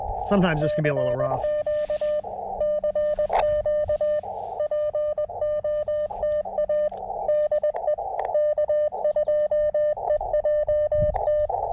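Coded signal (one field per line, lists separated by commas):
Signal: Morse code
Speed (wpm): 20 wpm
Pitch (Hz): 600 Hz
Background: speech, radio noise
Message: E CQ CQ POTA DE K2EJT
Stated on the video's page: Morse from a slow CW POTA activation at K-2099 by a lake, using a KX2 and Gabil antenna, in difficult solar conditions.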